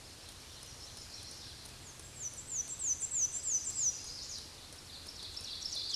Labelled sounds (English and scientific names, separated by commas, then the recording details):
Black-and-white Warbler (Mniotilta varia) song
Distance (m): 40 m
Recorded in a Pennsylvania forest on 19 May 2023 at 07:39
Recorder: AudioMoth, point grid1_8_low
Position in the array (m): 90 m, 114 m